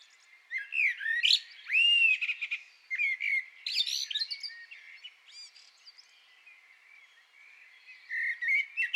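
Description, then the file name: Common blackbird song: fluty rising and falling whistles with high squeaky twitter at the ends, loud at first, then softer phrases, and loud again at the very end. "Turdus merula"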